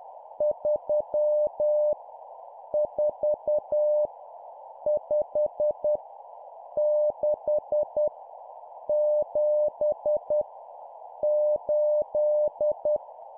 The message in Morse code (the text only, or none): 3 4 5 6 7 8